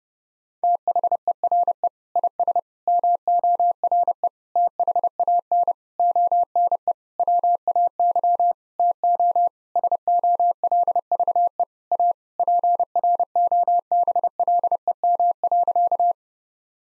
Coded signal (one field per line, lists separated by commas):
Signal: Morse code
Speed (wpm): 32 wpm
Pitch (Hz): 700 Hz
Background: none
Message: THERE IS MORE THAN ONE WAY TO SOLVE A PROBLEM.